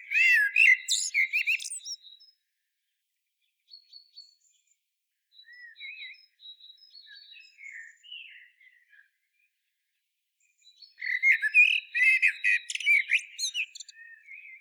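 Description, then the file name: Common blackbird: a rich warbled phrase, soft thin high notes in between, then another loud fluty phrase with a twittering finish. "Turdus merula"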